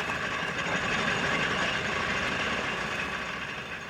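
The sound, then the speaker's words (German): An early automobile engine runs steadily, a dense, unbroken mechanical rumble with a hissy, buzzing edge that holds an even loudness throughout, with no voices. “Für alle gilt, die Geschwindigkeit ihrer Automobile ist wesentlich gekoppelt an das reibungslose Funktionieren des Zündfunkens im Explosionsraum der Motoren.”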